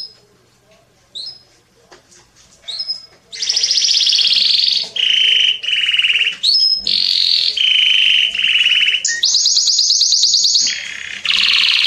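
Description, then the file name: Canary singing in varied tours, opening with a few soft chirps, then loud buzzy trills and rolls alternating between higher and lower pitches. "Canary Voice"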